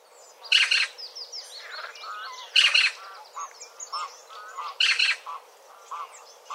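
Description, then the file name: Eurasian magpie giving three loud, grating chacks about two seconds apart, over a busy background of other birds' twittering, whistles and short mellow notes. "Pica pica"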